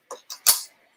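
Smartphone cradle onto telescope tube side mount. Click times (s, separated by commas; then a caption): 0.5 s. A smartphone cradle is fitted onto the side mount of a small 102 refractor telescope tube. Two quieter taps sound at about 0.1 and 0.3 seconds, then a louder, sharper click at 0.5 seconds as the cradle clips on and locks into place.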